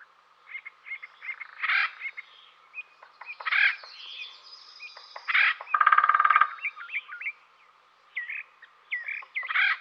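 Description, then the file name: Acorn woodpecker calls, a mix of harsh nasal notes and squeaky upslurred chatters, with a loud buzzy rattle near the middle, given in bursts. "dan gibsons solitudes acorn woodpecker"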